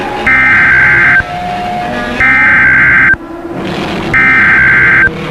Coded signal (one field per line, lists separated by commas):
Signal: Emergency Alert System (SAME) tones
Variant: header bursts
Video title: EAS SCENARIO GODZILLA